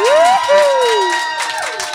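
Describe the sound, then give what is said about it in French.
A studio audience at the Max 103 studios, 129 rue Alexandre, cheers and applauds loudly to welcome a guest on the live 'Studio Max' show, a steady wash of clapping topped by high rising and falling whoops and shouts, sustained throughout without any speech. “Et aujourd'hui, pour le Studio Max, on a le grand, grand, grand privilège d'accueillir, mesdames, messieurs, on fait beaucoup, beaucoup de bruit pour”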